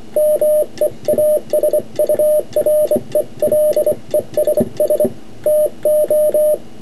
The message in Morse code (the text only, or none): MEASURELESS TO